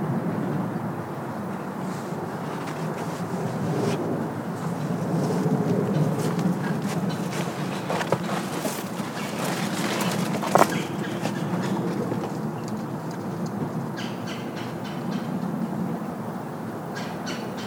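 Steady rustling and crunching footsteps on a woodland trail over a dense low murmur, with one sharp snap just past ten seconds.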